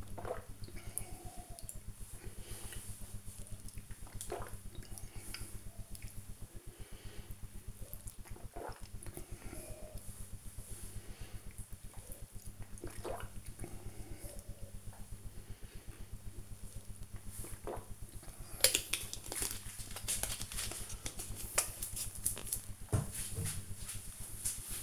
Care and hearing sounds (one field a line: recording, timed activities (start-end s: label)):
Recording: household activities, microphone on the right wrist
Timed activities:
0.00-18.42 s: drinking